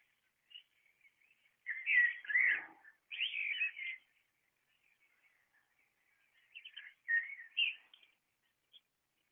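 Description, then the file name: Common blackbird song of flowing, fluty whistled phrases separated by pauses, with faint soft notes in the gaps. "merel"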